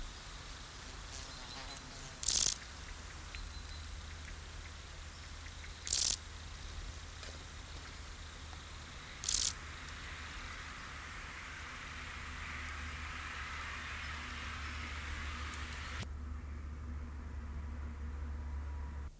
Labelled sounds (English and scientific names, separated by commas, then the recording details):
Field Grasshopper (Chorthippus brunneus) stridulation
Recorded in the wild
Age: imago
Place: Treuchtlingen, Heumöderntal, Bayern, DE
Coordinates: 48.96, 10.91
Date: 1993-09-02 11:29
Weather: sonnig 15,1°C
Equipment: Marantz CP 430, Sennheiser MKH 416 T, Kopie Uher Variocord 263
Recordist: Tembrock, Günter